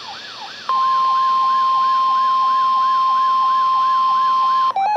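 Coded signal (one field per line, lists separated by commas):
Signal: Emergency Alert System (SAME) tones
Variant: 1050 Hz attention tone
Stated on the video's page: Required Weekly Tests received on a Reecom radio setup.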